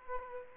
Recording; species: mosquito wingbeat signal from an infrared sensor; Aedes aegypti